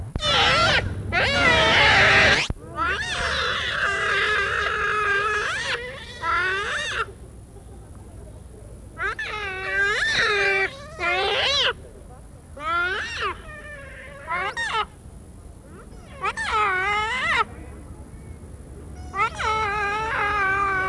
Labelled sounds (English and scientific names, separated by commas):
Giant Otter (Pteronura brasiliensis) call